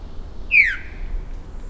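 Veery call, a single slurred whistle falling quickly in pitch, over a faint low hum.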